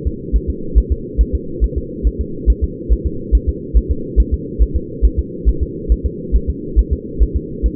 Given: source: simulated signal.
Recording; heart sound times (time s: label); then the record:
fetal heart sounds
0.07 s: S2
0.36 s: S1
0.50 s: S2
0.78 s: S1
0.92 s: S2
1.21 s: S1
1.35 s: S2
1.64 s: S1
1.78 s: S2
2.07 s: S1
2.21 s: S2
2.50 s: S1
2.64 s: S2
2.93 s: S1
3.06 s: S2
3.35 s: S1
3.49 s: S2
3.77 s: S1
3.91 s: S2
4.20 s: S1
4.34 s: S2
4.62 s: S1
4.76 s: S2
5.05 s: S1
5.19 s: S2
5.49 s: S1
5.63 s: S2
5.92 s: S1
6.06 s: S2
6.36 s: S1
6.50 s: S2
6.79 s: S1
6.93 s: S2
7.22 s: S1
7.37 s: S2
7.66 s: S1
From the record:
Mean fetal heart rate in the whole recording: 140 bpm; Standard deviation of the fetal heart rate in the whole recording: 2 bpm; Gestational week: 34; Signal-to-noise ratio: -4.3 dB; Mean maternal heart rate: 72 bpm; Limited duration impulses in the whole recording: absent